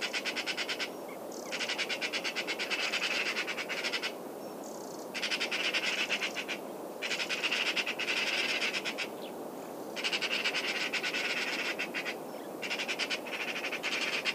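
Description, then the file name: Eurasian magpie in sustained harsh chatter, long fast rattling runs of grating clicks broken by brief gaps, repeated throughout. "Pica pica"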